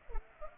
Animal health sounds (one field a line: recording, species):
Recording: mosquito wingbeat signal from an infrared sensor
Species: Culex pipiens